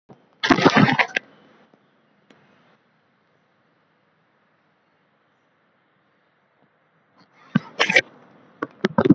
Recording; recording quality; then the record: shallow breathing; moderate, slight background noise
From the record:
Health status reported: COVID-19 positive, moderate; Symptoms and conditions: sore throat, fever, fatigue, muscle pain, loss of smell and taste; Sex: male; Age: 25 years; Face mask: not worn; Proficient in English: no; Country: India